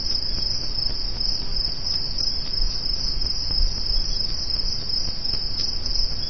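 Cricket trilling in a high, sustained band over a low rumble.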